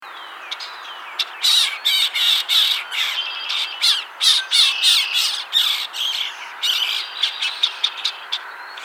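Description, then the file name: Red-winged Blackbird calls, a dense run of harsh, buzzy squawks and short rasping trills overlapping for several seconds, with sharp ticks scattered between them. "Agelaius phoeniceus - Red-winged Blackbird"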